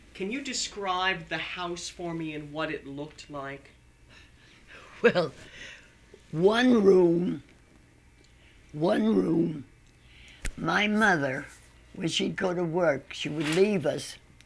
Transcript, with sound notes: Can you describe the house for me, and what it looked like? (she laughs)
one room, one room, my mother when she'd go to work, she would leave us